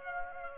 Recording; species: mosquito wingbeat signal from an infrared sensor; Aedes aegypti